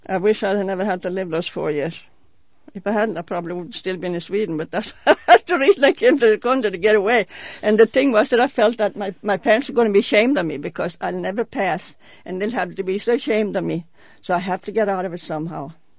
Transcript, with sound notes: I wish I had never had to live those four years. If I hadn't, I probably would still be in Sweden but that's (she laughs) that's the reason I came to the country, to get away. And the thing was that I felt that my parents are going to be ashamed of me because I'll never pass and they would have to be so ashamed of me, so I have to get out of it somehow.